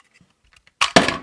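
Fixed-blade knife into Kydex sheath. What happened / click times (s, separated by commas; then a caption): The blade snapped into its rigid plastic sheath / 1.0 s. A LynxGear fixed-blade knife is pushed back into its Kydex sheath, with the thumb, to feel the retention engage. A few faint ticks give way to a brief scraping rush at 0.8 seconds, then a sharp, loud snap at 1.0 seconds with a smaller knock at 1.1 seconds that fades out. The blade clicks into place and is fully seated in the sheath.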